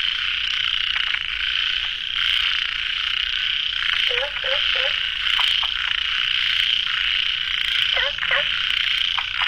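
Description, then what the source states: Frogs calling in a dense, steady high-pitched chorus, with a few short, low, hooked croaks at about four and eight seconds. Frogs calling late at night at a pond; recorded in the field by the uploader.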